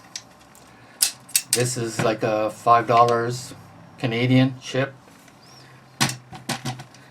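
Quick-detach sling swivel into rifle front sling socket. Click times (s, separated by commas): 1.0 s, 1.4 s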